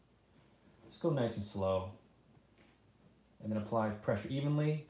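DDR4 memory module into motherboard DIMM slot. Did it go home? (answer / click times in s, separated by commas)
no / none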